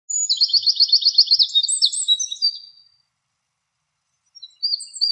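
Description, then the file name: Eurasian wren song: an energetic burst of rapid, high-pitched trills and sharp chips lasting under three seconds, a pause, then the start of another phrase. "krapivnik"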